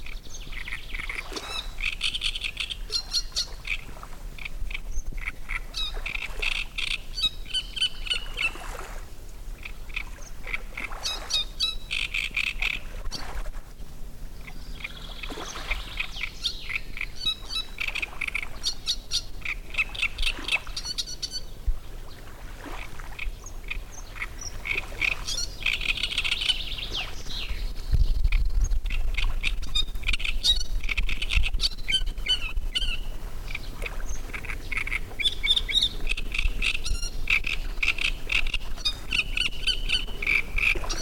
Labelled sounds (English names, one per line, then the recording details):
Great Reed Warbler
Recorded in the wild
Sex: male
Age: adult
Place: Müggelsee, Berlin, DE
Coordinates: 52.43, 13.64
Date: 1991-06-07 18:55
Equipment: Uher 4400 Report Monitor, Sennheiser ME 80, K 30 AV
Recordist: Fischer, Stefan